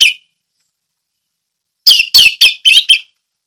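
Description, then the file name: Orange-headed thrush song: one short note, a pause, then a quick burst of several loud, scratchy notes. Ngeplong song style. "anis merah ngeplong"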